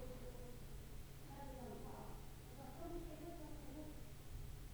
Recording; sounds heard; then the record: poultry house recording; no chicken sound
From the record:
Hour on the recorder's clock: 14